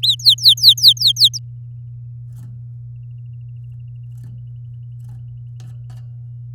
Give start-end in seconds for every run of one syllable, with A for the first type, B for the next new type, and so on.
0.03-1.39 A